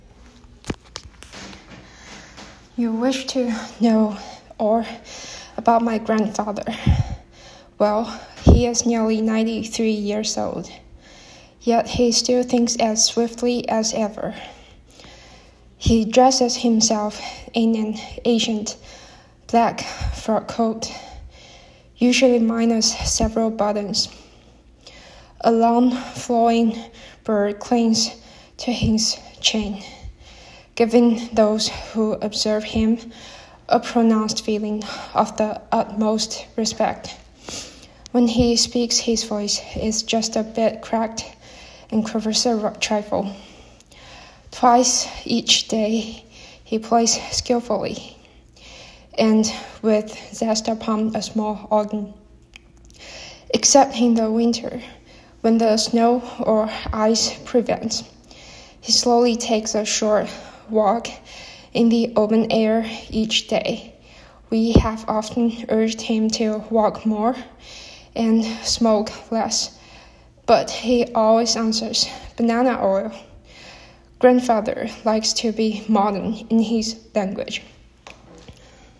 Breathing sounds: reading aloud after running; female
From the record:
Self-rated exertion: moderate exertion (3 of 6); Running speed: 7 miles an hour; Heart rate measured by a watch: 105 beats a minute at the start, 72 at the end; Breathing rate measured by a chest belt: 22 breaths a minute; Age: 24 years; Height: 163 cm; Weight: 52 kg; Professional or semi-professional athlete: no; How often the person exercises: 1 to 2 times a week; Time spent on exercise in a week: under 1 hour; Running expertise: no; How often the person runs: 1 to 2 times a week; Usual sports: interval training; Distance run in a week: 5 km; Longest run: 3 km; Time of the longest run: 30 minutes

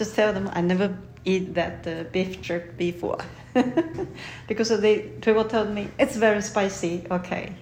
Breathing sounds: free speech after running; female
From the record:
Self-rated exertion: very light exertion (1 of 6); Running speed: 5 miles an hour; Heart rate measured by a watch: 52 beats a minute at the start, 54 at the end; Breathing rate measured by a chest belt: 9 breaths a minute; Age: 63 years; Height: 153 cm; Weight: 54 kg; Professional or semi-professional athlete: no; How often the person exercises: 3 to 5 times a week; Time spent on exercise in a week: 3 to 4 hours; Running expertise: no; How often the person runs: 3 to 5 times a week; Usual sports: running, yoga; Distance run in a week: 20 miles

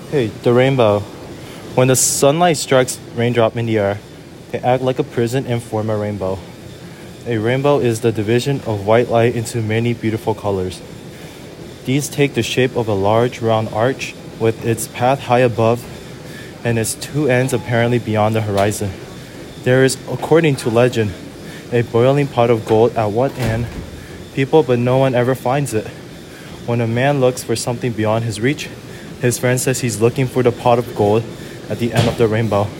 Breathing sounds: reading aloud after running; male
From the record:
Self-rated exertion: moderate exertion (3 of 6); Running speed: 10 miles an hour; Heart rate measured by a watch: 141 beats a minute at the start, 136 at the end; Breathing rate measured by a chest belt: 31 breaths a minute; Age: 19 years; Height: 178 cm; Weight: 72 kg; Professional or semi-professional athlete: no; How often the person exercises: 3 to 5 times a week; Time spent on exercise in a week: 3 to 4 hours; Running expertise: no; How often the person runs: 3 to 5 times a week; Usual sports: running

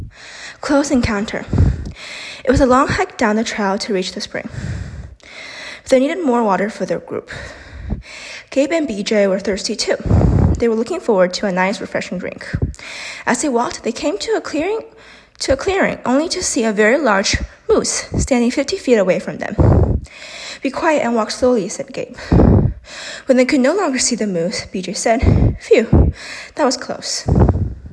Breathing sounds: reading aloud after running; female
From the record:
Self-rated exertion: vigorous exertion (4 of 6); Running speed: 6 miles an hour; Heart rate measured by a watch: 166 beats a minute at the start, 155 at the end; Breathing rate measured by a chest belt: 23 breaths a minute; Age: 18 years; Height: 171 cm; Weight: 75 kg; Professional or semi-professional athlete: no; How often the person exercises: 1 to 2 times a week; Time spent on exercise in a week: under 1 hour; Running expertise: no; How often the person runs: 1 to 2 times a week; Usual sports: running, fencing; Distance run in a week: 3 km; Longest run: 21.3 km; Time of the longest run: 190 minutes

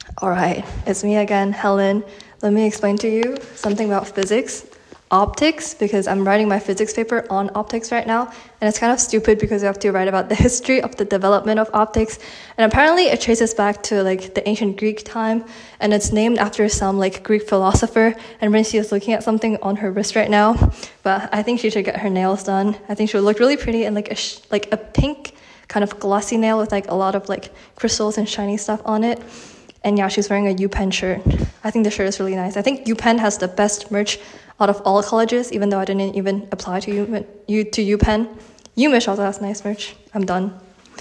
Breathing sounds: free speech after running; female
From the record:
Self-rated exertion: moderate exertion (3 of 6); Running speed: 6 miles an hour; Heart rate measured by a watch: 96 beats a minute at the start, 114 at the end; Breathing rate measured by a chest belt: 17 breaths a minute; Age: 18 years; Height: 167 cm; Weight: 50 kg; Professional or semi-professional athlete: no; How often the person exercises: 1 to 2 times a week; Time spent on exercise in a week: 1 to 2 hours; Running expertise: no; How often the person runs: 1 to 2 times a week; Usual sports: running, walking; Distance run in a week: 1 to 2 km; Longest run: 6 km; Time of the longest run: 34 minutes

